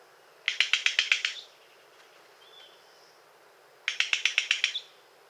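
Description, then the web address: Bird giving a harsh rattle of about eight rapid notes, a pause with a faint whistle, then another rattle of similar length. Bird in Costa Rican cloud forest; several call types including scolds, ending with contact calls given at the roost. "Natures Songs N America Birds of the Costa Rican Cloud Forest 61 Several call examples, including scolds, ends with contact calls at roost"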